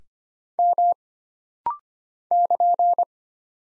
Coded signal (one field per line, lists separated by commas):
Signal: Morse code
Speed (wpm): 25 wpm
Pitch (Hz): 700 Hz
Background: none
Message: M <KN>